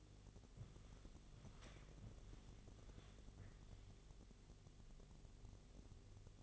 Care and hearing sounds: daily activity, microphone in the room; walk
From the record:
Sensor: 4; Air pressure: 1001.2 hPa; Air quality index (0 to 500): 172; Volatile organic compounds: 2 ppm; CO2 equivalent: 1240 ppm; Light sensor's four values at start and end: 13/31/12/12 and 13/31/12/12

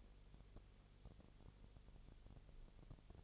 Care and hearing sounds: daily activity, microphone in the room; no activity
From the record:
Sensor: 4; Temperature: 22.7 degrees Celsius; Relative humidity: 32.0%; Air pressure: 1008.1 hPa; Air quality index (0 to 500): 114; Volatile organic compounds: 2 ppm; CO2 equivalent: 1105 ppm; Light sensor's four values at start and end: 2/3/1/1 and 2/3/1/1

